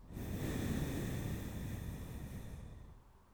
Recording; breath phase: one breath near a microphone; exhalation